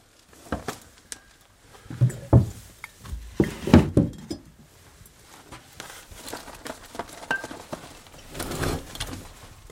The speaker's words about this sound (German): Er nimmt das Klirrzeug aus den Einkaufstaschen, stellt es in seinen Kleiderschrank in seinem Zimmer.